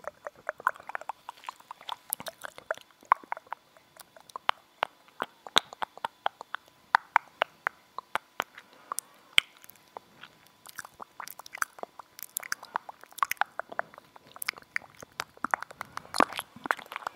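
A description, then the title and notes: Gum is chewed throughout, with sharp, wet clicks and smacks following one another rapidly and irregularly, several per second. The snaps are bright and crisp, sometimes clustering into quick bursts, over a quiet, faint background hiss. Chewing Gum. Rode Mic.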